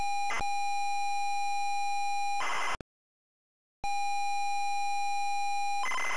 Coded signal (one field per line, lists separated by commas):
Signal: ZX Spectrum tape loading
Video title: ZX SPECTRUM Loading AirWolf Elite Systems Ltd. 1984